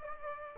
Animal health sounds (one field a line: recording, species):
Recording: mosquito wingbeat signal from an infrared sensor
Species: Aedes aegypti